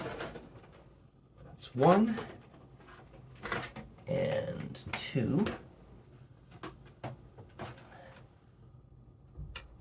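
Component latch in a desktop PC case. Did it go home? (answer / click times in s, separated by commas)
no / none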